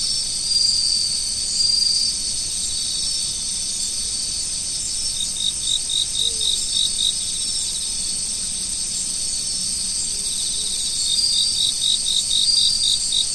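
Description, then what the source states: Insects singing in a dense high chorus, with steady continuous trilling and bursts of rapid pulsed chirps repeating around four per second. Insects singing in fall.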